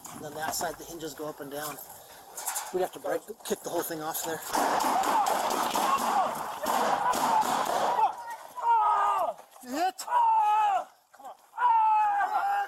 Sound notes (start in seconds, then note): 4.4 gunshots; 7.8 screaming